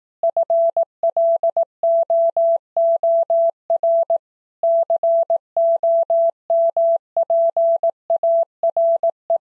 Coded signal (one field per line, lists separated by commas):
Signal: Morse code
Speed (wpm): 18 wpm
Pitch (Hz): 670 Hz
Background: none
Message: FLOOR COMPARE